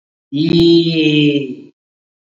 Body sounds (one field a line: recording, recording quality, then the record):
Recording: sustained vowel as in beet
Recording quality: excellent, no background noise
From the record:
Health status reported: COVID-19 positive, mild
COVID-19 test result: positive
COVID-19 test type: rapid antigen test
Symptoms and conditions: cough, breathing difficulty, fever, fatigue, muscle pain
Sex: male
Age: 34 years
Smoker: no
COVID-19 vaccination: both doses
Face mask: worn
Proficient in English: no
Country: India